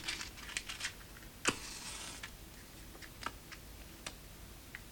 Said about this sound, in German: Er steckt sich eine Zigarette an.